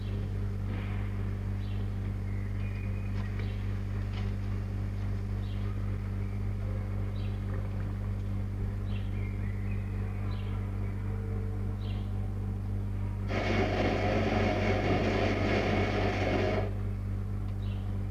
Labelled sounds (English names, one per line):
Red Fox